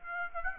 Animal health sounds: mosquito wingbeat signal from an infrared sensor; Aedes aegypti

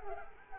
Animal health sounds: mosquito wingbeat signal from an infrared sensor; Culex quinquefasciatus

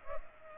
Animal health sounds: mosquito wingbeat signal from an infrared sensor; Culex pipiens

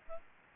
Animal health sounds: mosquito wingbeat signal from an infrared sensor; Aedes albopictus

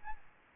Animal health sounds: mosquito wingbeat signal from an infrared sensor; Aedes albopictus

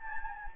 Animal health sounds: mosquito wingbeat signal from an infrared sensor; Anopheles gambiae

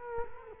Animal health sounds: mosquito wingbeat signal from an infrared sensor; Culex quinquefasciatus

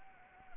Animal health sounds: mosquito wingbeat signal from an infrared sensor; Anopheles arabiensis

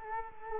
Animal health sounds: mosquito wingbeat signal from an infrared sensor; Culex quinquefasciatus

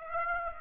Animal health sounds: mosquito wingbeat signal from an infrared sensor; Aedes aegypti

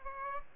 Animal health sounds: mosquito wingbeat signal from an infrared sensor; Aedes aegypti

